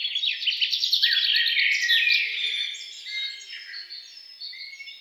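Songbird giving a rapid series of trilled chirps and swooping notes, followed by quieter, thinner twittering.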